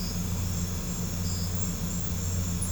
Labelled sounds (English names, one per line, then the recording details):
none
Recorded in pastures near Puerto Asís, Putumayo, Colombia, on 20 December 2024 at 21:00
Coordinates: 0.505, -76.324
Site G063